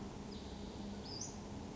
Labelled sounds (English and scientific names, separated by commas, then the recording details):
Western Flycatcher (Empidonax difficilis)
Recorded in Sonoma County, California